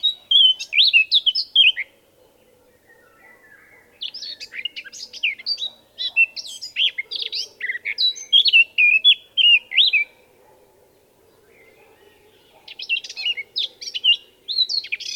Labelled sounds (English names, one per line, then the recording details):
Eurasian Blackcap song
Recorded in the wild
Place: Sibiu, Transilvania, RO
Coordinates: 45.803, 24.145
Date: 1976-05-19 05:42
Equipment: Nagra III BH, Sennheiser MD 21, parabola
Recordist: Schubert, Michael